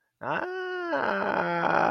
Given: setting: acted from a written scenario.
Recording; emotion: vocal sound without words; pride